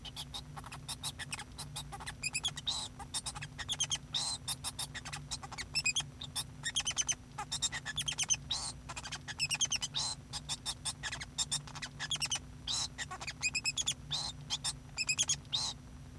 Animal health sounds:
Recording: song of a male Bengalese finch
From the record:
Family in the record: son of father 2

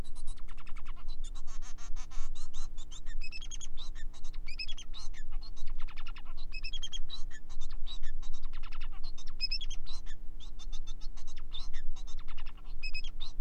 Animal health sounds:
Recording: song of a male Bengalese finch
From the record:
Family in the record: son of father 4

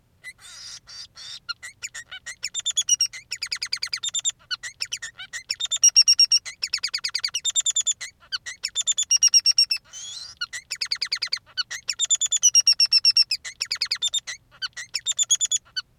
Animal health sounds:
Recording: song of a male Bengalese finch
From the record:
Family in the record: son of father 3

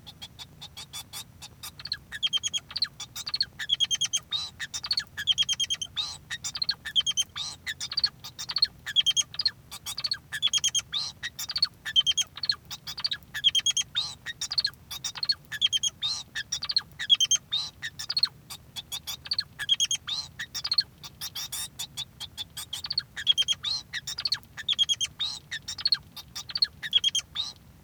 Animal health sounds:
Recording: song of a male Bengalese finch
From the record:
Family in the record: son of father 2

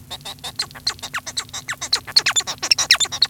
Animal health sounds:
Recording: song of a male Bengalese finch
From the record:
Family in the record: son of father 1

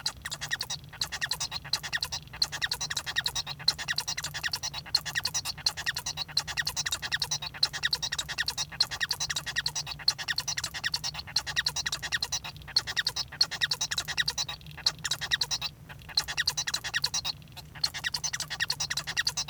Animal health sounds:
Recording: song of a male Bengalese finch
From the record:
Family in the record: son of father 1

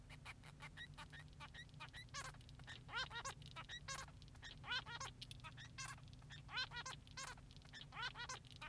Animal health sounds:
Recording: song of a male Bengalese finch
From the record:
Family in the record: son of father 3

